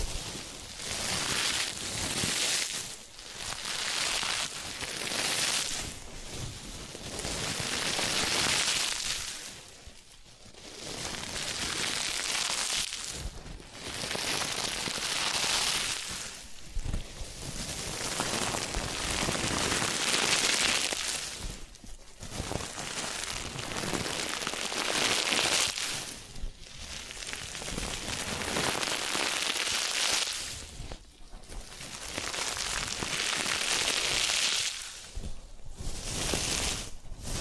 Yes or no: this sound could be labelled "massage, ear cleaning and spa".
yes